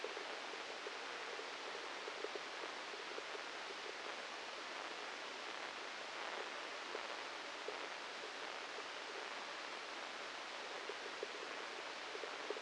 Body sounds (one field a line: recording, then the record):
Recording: brain microelectrode recording played as sound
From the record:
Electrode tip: inside the subthalamic nucleus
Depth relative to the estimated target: -1 mm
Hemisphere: left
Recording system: NeuroSet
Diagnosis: Parkinson's disease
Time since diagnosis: 8 years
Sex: male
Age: 37 years